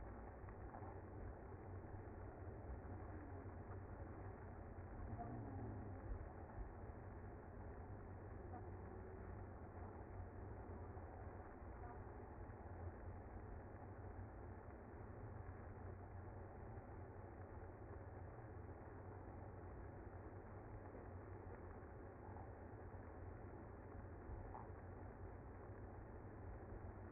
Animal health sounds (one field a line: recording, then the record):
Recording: honeybee colony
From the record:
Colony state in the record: active